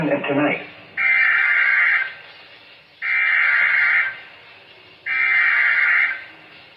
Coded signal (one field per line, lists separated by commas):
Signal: Emergency Alert System (SAME) tones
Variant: header bursts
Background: speech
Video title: So many Severe Thunderstorms... well ok probably not many. +2 Special Marine Warnings (EAS 48-55)